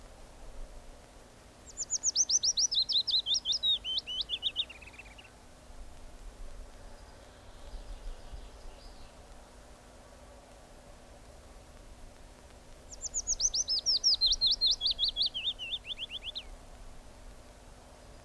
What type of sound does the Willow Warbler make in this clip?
song